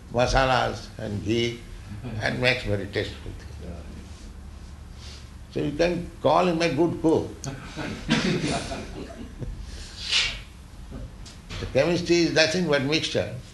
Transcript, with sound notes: masālās and ghee and makes very tasteful thing. So you can call him a good cook. [laughs] The chemistry is nothing but mixture